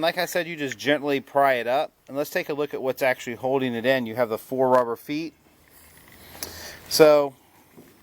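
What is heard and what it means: Someone talks while the convertible top motor of a Chrysler Sebring is gently pried up, and one of its four rubber isolator feet comes out of the clamp gap in its mounting bracket. The foot pops out with a sharp pop at 6.4 seconds, releasing it from the bracket.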